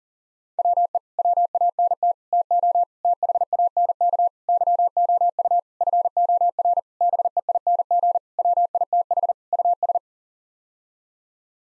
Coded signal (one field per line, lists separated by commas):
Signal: Morse code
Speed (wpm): 37 wpm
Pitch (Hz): 700 Hz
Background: none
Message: WE WANT TO THANK YOU FOR BEING WITH US